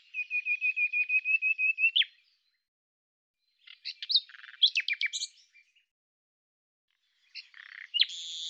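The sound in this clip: Common nightingale song opening with a steady series of many repeated whistled pulses, then varied chirping phrases and a high whistled ending.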